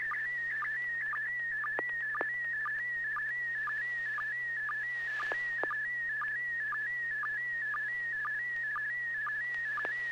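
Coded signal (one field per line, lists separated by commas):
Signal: SSTV (slow-scan television)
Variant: PD120 mode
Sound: warbling tone near 2 kHz with steady ticking dips about twice a second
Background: low hum, faint static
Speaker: So I'll be transmitting PD 120, and here it comes.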